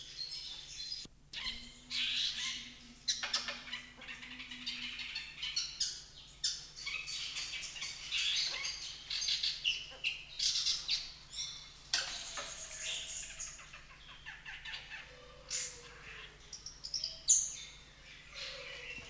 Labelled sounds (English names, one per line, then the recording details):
Long-tailed Shrike song
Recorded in captivity
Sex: male
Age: adult
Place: Zoo Berlin, Berlin, DE
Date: 1991-06-03
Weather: cloudy, 12-15 °C
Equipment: Marantz, Sennheiser ME 80, Kopie Tesla B 116
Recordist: Tembrock, Günter